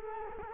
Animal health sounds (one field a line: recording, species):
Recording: mosquito wingbeat signal from an infrared sensor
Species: Culex quinquefasciatus